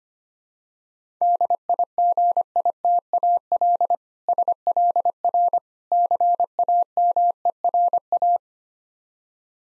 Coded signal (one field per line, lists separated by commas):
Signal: Morse code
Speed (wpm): 25 wpm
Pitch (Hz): 700 Hz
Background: none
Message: DIGITAL SLR CAMERA